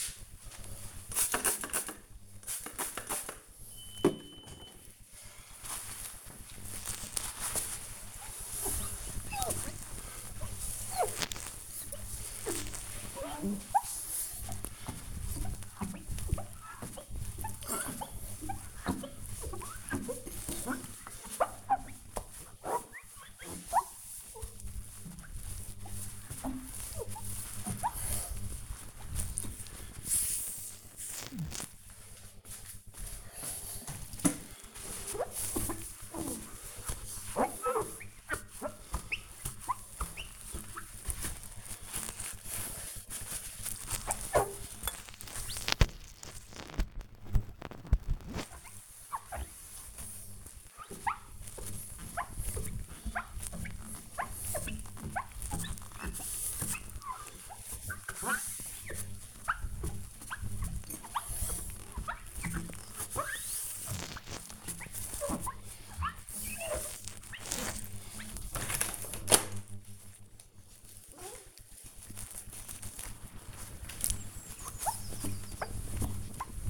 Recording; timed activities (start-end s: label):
household activities, microphone on the right wrist
0.00-76.70 s: window cleaning